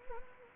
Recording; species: mosquito wingbeat signal from an infrared sensor; Anopheles gambiae